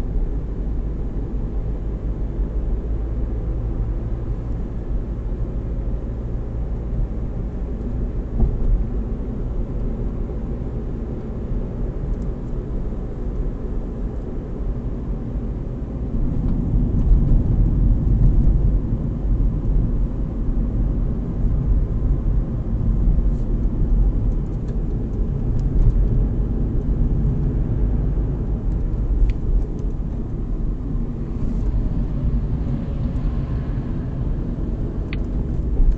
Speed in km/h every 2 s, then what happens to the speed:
39, 43, 44, 44, 46, 46, 47, 45, 44, 43, 44, 42, 38, 42, 38, 33, 31, 35.
0-12 speeds up to 47. 12-26 steady at about 43. 26-31 slows to 31.